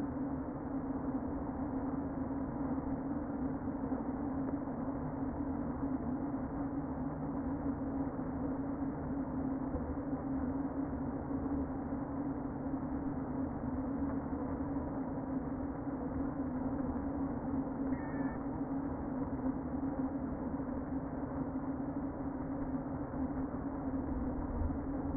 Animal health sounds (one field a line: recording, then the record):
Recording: honeybee colony, microphone inside the hive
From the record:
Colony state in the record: queen present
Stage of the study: before two queens were removed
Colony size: about 60,000 bees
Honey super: yes